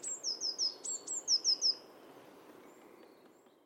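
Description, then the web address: Bird giving one rapid series of several high, thin notes that slur downward, then quiet background hiss. "cianscape birddata Deverinetal 2025 Bird Only"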